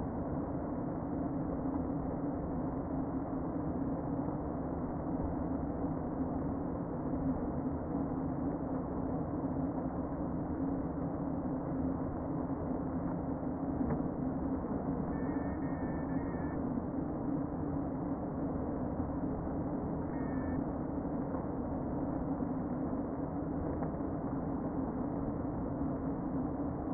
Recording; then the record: honeybee colony, microphone inside the hive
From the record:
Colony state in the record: queen present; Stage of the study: before two queens were removed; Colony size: about 60,000 bees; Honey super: yes